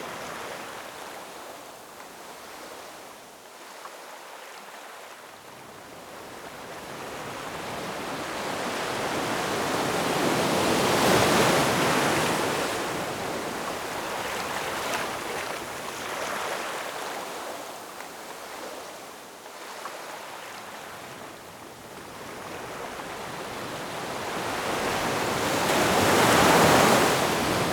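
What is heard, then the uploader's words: Ocean waves wash in and out in slow, rolling surges, building to loud crashes around eleven seconds and again near twenty-six. Between them the surf recedes to a softer hiss, with quiet troughs near four and twenty seconds. The sound is full and continuous. Slow and Sleepy Surf - Ocean Ambience.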